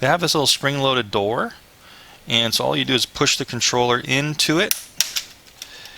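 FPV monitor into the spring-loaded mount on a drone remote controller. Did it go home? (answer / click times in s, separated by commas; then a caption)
yes / 5.0 s. Someone talks as the JJRC H32GH FPV monitor is pushed down hard into the spring-loaded plastic mount door on the drone's remote controller. A sharp snap at 5.0 s, followed by a fainter tick at 5.6 s, marks the monitor locking into place, fully seated.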